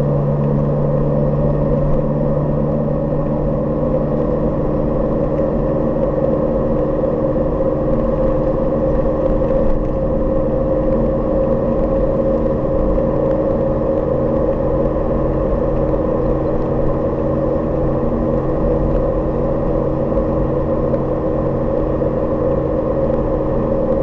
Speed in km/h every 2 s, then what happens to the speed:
48, 49, 49, 49, 50, 50, 50, 51, 51, 51, 51, 50.
0-24 steady at about 50.